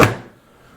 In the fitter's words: Boom, locks in place.